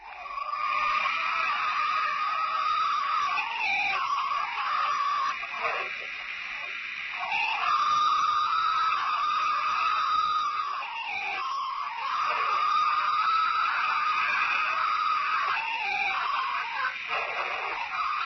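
Alleged Bigfoot screams in a forest, recorded through the ambient microphone of an American police patrol car: long, loud, high-pitched wails that rise and fall almost without pause for the whole stretch, with a thin, tinny recording quality and no talking.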